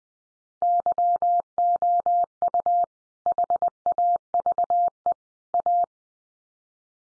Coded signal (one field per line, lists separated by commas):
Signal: Morse code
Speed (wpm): 19 wpm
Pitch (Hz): 700 Hz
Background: none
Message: YOU HAVE A